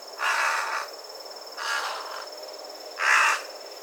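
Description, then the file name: Carrion crow calling with three rasping, evenly spaced caws over a few seconds. "Corvus corone"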